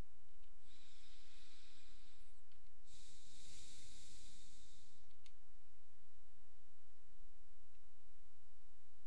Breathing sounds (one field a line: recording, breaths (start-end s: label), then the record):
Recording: nose breathing near a microphone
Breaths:
0.35-2.55 s: inhalation
2.55-5.15 s: exhalation
From the record:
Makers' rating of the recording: medium